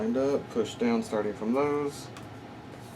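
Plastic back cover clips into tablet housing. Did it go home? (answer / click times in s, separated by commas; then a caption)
no / none. The plastic back cover of an Acer Iconia A1-830 Android tablet is lined up and pushed down onto the housing after a WiFi antenna repair, while someone talks for the first two seconds before a quieter stretch with low background noise. Nothing has seated or clicked yet; the cover's retaining clips have not snapped home.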